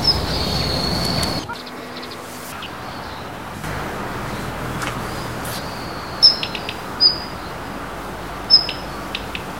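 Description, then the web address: Daurian redstart calls: thin, high single notes at roughly six, seven and eight and a half seconds, following a burst of rustling noise at the start. During a walk at Azamidani. "raivu sansaku azamidani sound bird joubitaki"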